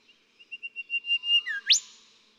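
Golden whistler song: a run of even, steady whistled notes growing louder, then a dipping note and a final explosive upward whipcrack.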